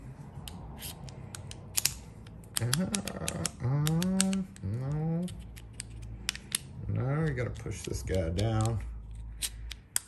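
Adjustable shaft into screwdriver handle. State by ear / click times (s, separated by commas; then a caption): seated / 10.0 s. Someone talks while handling a Klein 8-in-1 adjustable-length stubby multi-bit screwdriver, with scattered small clicks and rattles from the tool. The adjustable shaft is pushed down into the screwdriver handle until it locks at the shorter length with a sharp click at 10.0 s, seated in place.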